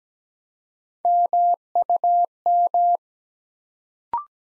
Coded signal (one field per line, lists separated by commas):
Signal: Morse code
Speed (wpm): 17 wpm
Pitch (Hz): 700 Hz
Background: none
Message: MUM